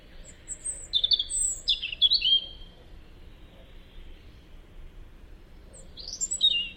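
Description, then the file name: European robin delivering a phrase of liquid, descending high whistles and trills, a quiet gap, then another short, shrill phrase; faint background hiss. "Tomas Belka - Zaryanka Erithacus rubecula"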